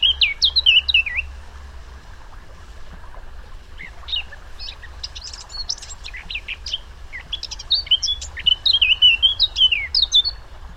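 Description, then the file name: Eurasian blackcap song in two bursts, a short fluty warble first, then after a pause a longer scratchy twitter ending in clear, rapid whistled notes. "Sylvia atricapilla"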